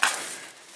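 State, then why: Seated. A snow cab frame member is pulled down until its slotted rod lock engages, now needing only half the distance it did before to lock. A sharp metallic click is heard at 0.0 seconds, followed by a fading ring and a faint tick near the end. The cab frame lock clicks into place and is seated.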